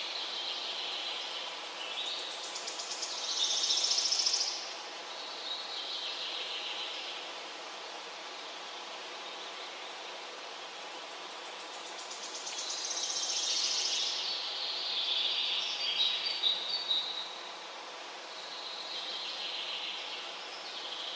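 A waterfall pours in a steady, dense rush with no deep rumble underneath. Birds sing high and bright over it in two busy bursts, around three to five seconds and again from about thirteen to seventeen seconds, with scattered chirps between.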